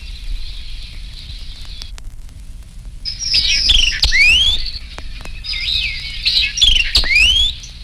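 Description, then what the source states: White-eyed Vireo singing two rapid, emphatic phrases of quick sweeping and staccato notes, separated by a short pause. Male; favours woodlands with brushy thickets; notes rapid, emphatic and staccato.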